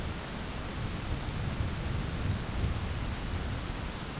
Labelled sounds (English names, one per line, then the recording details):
none
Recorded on Arctic tundra, site ZACK-1, on 10 June 2019
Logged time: 15:49